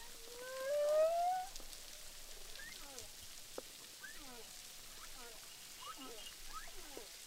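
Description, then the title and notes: Humpback whale song: one loud, rising moan with harmonics, followed by many faint, short sweeping upcalls and downsweeps under a steady hiss of water noise. Humpback whales at Boucan Canot, Réunion Island; recorded underwater with a DPA hydrophone during filming of SIGNATURE. "humpback whales, boucan canot, ile de la reunion. enregistré avec un hydrophone DPA lors du tournage SIGNATURE"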